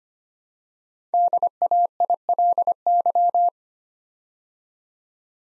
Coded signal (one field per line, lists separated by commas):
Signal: Morse code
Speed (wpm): 25 wpm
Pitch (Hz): 700 Hz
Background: none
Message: DAILY